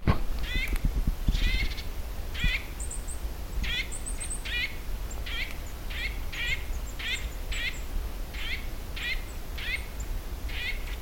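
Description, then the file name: Eurasian nuthatch giving a steady series of many short, nasal, harmonic-rich calls, with a few brief high thin notes and low rumbling background noise. "Sitta europaea"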